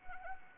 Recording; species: mosquito wingbeat signal from an infrared sensor; Anopheles arabiensis